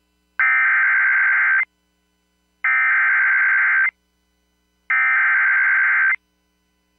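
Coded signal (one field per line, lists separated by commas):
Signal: Emergency Alert System (SAME) tones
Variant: header bursts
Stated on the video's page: Personal captures of real EAS alerts during a severe weather event in the South.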